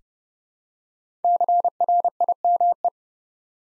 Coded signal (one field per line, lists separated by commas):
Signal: Morse code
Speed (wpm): 29 wpm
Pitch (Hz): 700 Hz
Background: none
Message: CRIME